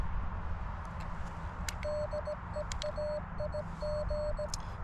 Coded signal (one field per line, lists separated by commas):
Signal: Morse code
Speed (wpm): 17 wpm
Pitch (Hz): 600 Hz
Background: none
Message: DE AIG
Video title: POTA and Morse Tutor Kit Building with Vince VE6LK/AI7LK | Parks on the Air